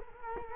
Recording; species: mosquito wingbeat signal from an infrared sensor; Culex quinquefasciatus